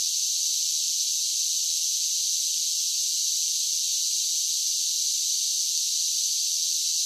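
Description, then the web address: Cicadas singing in a steady, unbroken high-pitched hissing buzz that holds the same level from start to finish, with no other sounds. "Blast Wave Update 1 Cicadas Sing"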